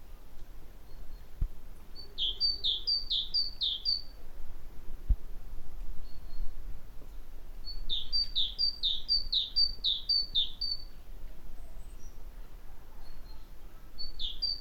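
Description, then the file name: Great tit song, ringing high-low couplets delivered in quick runs of several, separated by gaps. "Parus major"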